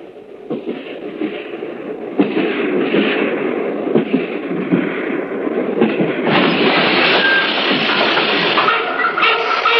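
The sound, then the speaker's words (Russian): Armored train No. 14-69 rumbles steadily along the rails, a dense, grinding clatter that swells louder about two-thirds of the way through as it approaches, with no voices. “Если бронепоезд не остановится, бросайте гранатами под колеса.”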